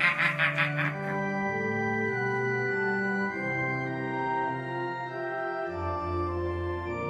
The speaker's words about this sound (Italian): Verso il fiume giunse lo starnazzare di un branco di anatre selvatiche.